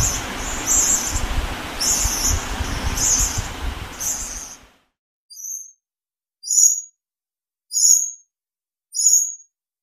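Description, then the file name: Lorikeet giving harsh, buzzy high screeches in four bursts over a rough noisy background, then several cleaner thin high notes at regular intervals. "Лори -Лорикет -Попугай -Голоса-птиц"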